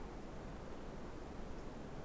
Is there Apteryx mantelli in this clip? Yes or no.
no